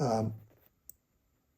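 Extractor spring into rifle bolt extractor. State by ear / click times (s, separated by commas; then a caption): seated / 0.9 s. An extractor spring with its dampener insert is pressed, large-diameter end first, into the metal extractor of an AR-type bolt carrier group (Colt M16A2 Carbine Retro 727/RO727, Brownells BCG). Someone talks briefly, then a sharp click at 0.9 s marks the spring snapping into place, with the dampener now seated in the extractor.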